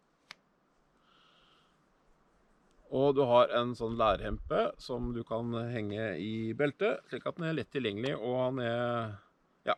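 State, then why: Seated. A traditional Sami knife is pushed into its leather sheath and seats with a sharp click at 0.3 s. After a brief quiet stretch, someone talks from about 2.9 s to the end.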